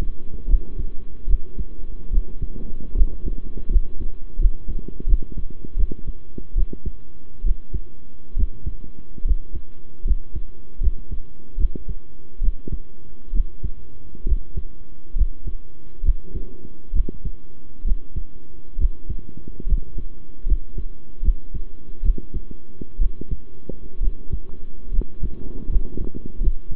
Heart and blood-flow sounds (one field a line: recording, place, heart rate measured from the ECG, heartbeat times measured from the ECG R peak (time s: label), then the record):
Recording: heart sounds by stethoscope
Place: between the tricuspid and mitral areas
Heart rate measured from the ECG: 72 bpm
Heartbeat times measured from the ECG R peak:
0.47 s: heartbeat
1.27 s: heartbeat
2.10 s: heartbeat
2.94 s: heartbeat
3.69 s: heartbeat
4.38 s: heartbeat
5.06 s: heartbeat
5.76 s: heartbeat
6.55 s: heartbeat
7.43 s: heartbeat
8.36 s: heartbeat
9.24 s: heartbeat
10.04 s: heartbeat
10.80 s: heartbeat
11.57 s: heartbeat
12.41 s: heartbeat
13.32 s: heartbeat
14.25 s: heartbeat
15.15 s: heartbeat
16.03 s: heartbeat
16.93 s: heartbeat
17.84 s: heartbeat
18.78 s: heartbeat
19.66 s: heartbeat
20.45 s: heartbeat
21.22 s: heartbeat
22.02 s: heartbeat
22.98 s: heartbeat
24.00 s: heartbeat
24.91 s: heartbeat
25.68 s: heartbeat
26.40 s: heartbeat
From the record:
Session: rest, sitting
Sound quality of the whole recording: good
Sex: male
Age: 23 years